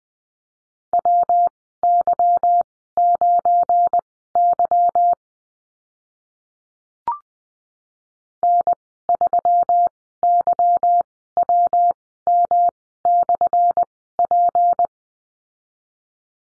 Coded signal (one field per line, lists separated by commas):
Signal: Morse code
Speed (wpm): 20 wpm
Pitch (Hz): 700 Hz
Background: none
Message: WY9Y N3YWM/P